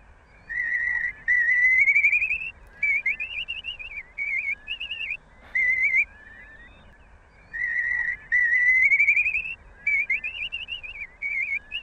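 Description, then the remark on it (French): A recorded call of a bird that has vanished: clear, high whistled phrases that rise and warble, repeated in bursts with short pauses, the pattern cycling twice over a faint hiss, with no voices. “Mais pour démarrer cet épisode, on a décidé non pas, comme on l'a dit, de procéder comme à l'habitude, mais de vous diffuser la voix de l'oiseau que vous ne verrez sans doute plus jamais.”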